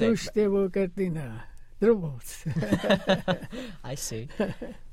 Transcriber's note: laughs